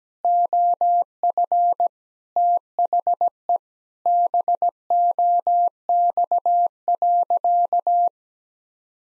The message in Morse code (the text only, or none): OF THE BOX.